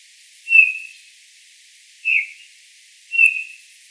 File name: Pyrrhula pyrrhula